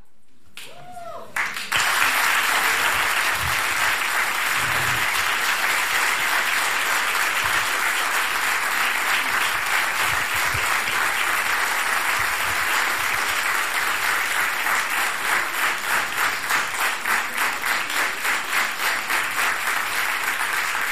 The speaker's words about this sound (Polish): Ależ, mamo, oklaski na wejście.